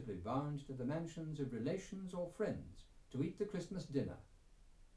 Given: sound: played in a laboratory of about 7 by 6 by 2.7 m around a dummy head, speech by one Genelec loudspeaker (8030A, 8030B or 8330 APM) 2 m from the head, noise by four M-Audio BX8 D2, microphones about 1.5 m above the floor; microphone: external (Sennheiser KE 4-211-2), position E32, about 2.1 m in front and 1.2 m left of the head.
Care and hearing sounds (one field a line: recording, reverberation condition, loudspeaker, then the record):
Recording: male speech in English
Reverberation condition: low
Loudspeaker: 30 degrees to the right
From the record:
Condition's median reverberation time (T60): about 310 ms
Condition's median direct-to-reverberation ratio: about 3.5 dB